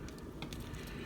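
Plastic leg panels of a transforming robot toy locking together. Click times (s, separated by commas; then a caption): 0.4 s, 0.5 s. The plastic panels of a TransFormMission M-01 Disorder transforming-robot toy leg are folded up and pressed together so a tab goes into its slot. Small plastic clicks are heard at 0.4 and 0.5 seconds as the two leg halves lock together. The leg is seated and locks in place fairly securely.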